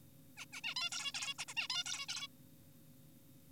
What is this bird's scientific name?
Taeniopygia guttata